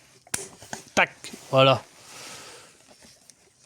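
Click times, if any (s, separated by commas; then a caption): 0.3 s. A hose quick-connector is pushed onto its fitting on the engine of a DS3 HDi 92 until its clip snaps into place with a sharp click at 0.3 s, confirming it is seated properly, since a clip that isn't heard means it isn't fitted correctly. A few fainter knocks follow as someone talks briefly.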